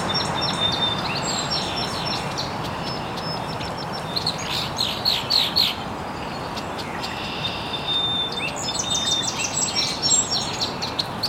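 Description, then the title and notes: Chorus of birds chirping, thin high whistles and clusters of quick notes recurring, steady hiss in the background. Chirping very early in the morning in an estuary. "Birds Chirping in the Early Morning. Original sounds of birds chirping very early in the morning in an estuary"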